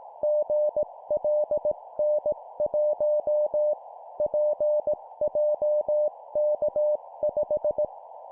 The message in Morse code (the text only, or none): GLN1 PJK5